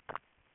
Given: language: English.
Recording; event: throat vibration sensor signal played as sound; swallow